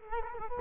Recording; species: mosquito wingbeat signal from an infrared sensor; Culex quinquefasciatus